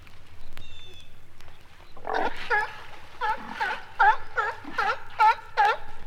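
Sea lion giving a run of several short, honking barks in quick succession, starting after about two seconds.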